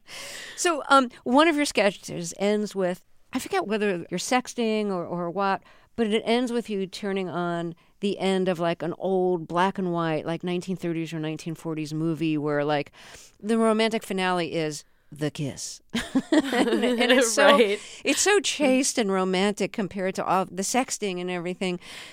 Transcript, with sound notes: So one of your sketches ends up with - I forget whether you're sexting or what, but it ends with you turning on the end of like an old black-and-white like 1930s or 1940s movie where like the romantic finale is the kiss.
(LAUGHTER)
Right.
And it's so chaste and romantic compared to all the sexting and everything.